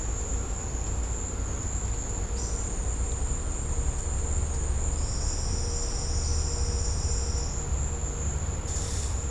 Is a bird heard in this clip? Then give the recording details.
yes. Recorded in secondary vegetation near Puerto Asís, Putumayo, Colombia, on 20 December 2024 at 14:30. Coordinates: 0.502, -76.326. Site G028